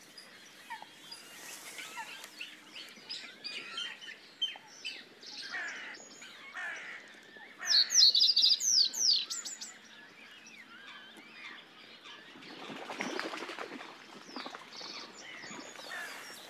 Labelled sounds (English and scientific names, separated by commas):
Reed Bunting (Emberiza schoeniclus) song